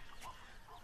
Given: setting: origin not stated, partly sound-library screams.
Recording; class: one-second piece from a danger detection set; normal situation